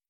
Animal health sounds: hydrophone in a shrimp aquaculture tank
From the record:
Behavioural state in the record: stressed

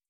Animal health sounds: hydrophone in a shrimp aquaculture tank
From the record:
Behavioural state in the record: starved

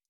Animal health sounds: hydrophone in a shrimp aquaculture tank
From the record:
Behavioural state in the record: stressed

